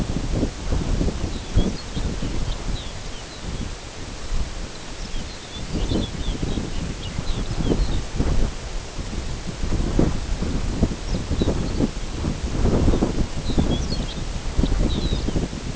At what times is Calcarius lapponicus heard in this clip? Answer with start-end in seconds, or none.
1.22-3.77, 4.67-8.06, 11.01-11.90, 12.79-13.06, 13.35-15.46